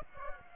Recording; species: mosquito wingbeat signal from an infrared sensor; Aedes aegypti